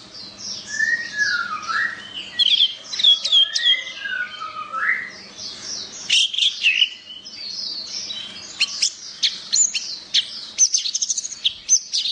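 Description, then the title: Orange-headed thrush singing a rich, varied song of clear whistled phrases, slurred notes and quick high notes. "Anis Merah"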